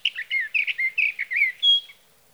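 Sage thrasher song fragment: a brief burst of quick warbled notes ending in a higher, drawn-out whistle.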